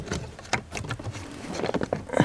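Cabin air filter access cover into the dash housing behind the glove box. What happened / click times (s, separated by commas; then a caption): Plastic cover handled, not yet seated / none. The plastic cabin air filter access cover of a Chevy Malibu is handled and pressed toward the dash housing behind the glove box, producing soft rustling and scraping with a few short, sharp taps near 0.8, 0.9 and 2.2 seconds. The clip ends before the cover's clips snap home, so nothing has seated or clicked yet.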